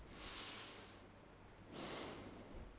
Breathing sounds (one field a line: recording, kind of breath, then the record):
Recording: one breath in and out by a microphone near the nose and mouth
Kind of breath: deep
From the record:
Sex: male